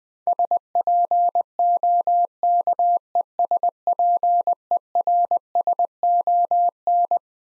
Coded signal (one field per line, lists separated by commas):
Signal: Morse code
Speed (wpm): 20 wpm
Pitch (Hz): 700 Hz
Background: none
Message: SPOKESPERSON